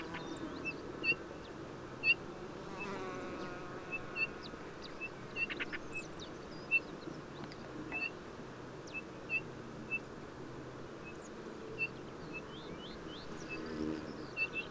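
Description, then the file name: Eurasian bullfinch calls, short soft piping notes repeated every second or so. "Pyrrhula pyrrhula"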